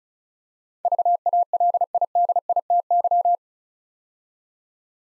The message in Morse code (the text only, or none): VALIDITY